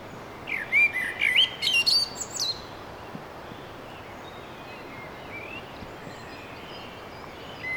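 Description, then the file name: Common blackbird song: a short phrase of mellow fluting notes followed by a high squeaky twitter, then quiet with faint birds and low background hiss. "Merle"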